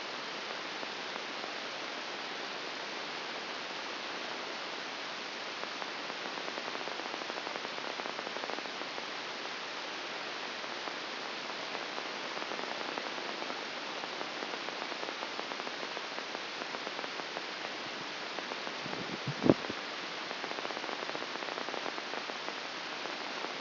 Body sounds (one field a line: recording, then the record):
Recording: brain microelectrode recording played as sound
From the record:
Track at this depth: inside the subthalamic nucleus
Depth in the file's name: 3.498 mm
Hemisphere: left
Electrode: 2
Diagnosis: Parkinson's disease